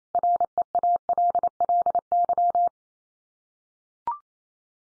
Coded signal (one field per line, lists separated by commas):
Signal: Morse code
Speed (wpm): 28 wpm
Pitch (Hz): 700 Hz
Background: none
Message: REALLY